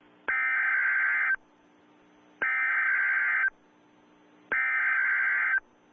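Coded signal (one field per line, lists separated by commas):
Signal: Emergency Alert System (SAME) tones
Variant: header bursts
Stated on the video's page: Simulated EAS scenario; most tones are invalid.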